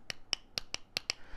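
A spoke torque wrench is worked on a spoke nipple of a dirt bike wheel until it reaches its setting. Six sharp, short clicks sound at 0.1, 0.3, 0.6, 0.7, 1.0 and 1.1 seconds as the wrench clicks at its torque setting.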